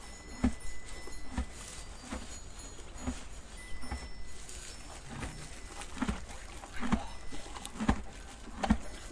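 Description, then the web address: Horse hoofbeats, spaced clops arriving about once a second, some louder than others, over quiet steady background noise. Horse recorded at Alvoco. "De Alvoco 2-Cavalo 2"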